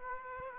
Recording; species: mosquito wingbeat signal from an infrared sensor; Aedes aegypti